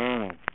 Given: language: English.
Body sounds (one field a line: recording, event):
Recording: throat vibration sensor signal played as sound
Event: speech